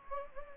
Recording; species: mosquito wingbeat signal from an infrared sensor; Anopheles gambiae